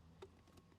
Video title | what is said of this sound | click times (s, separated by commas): How To Replace A Cabin Air Filter in Your Honda Civic in Minutes (easy step by step beginner guide) | click and a louder click. Yeah, heard that. | 0.2 s